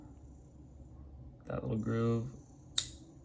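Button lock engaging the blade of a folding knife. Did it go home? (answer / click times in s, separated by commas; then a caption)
yes / 2.8 s. Someone talks as the blade of an American Blade Works folding knife is opened again, and its button lock snaps into the groove with one crisp click at 2.8 s. The button lock clicks into place, locking the blade.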